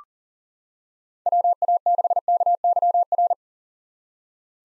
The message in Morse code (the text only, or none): WA6KYR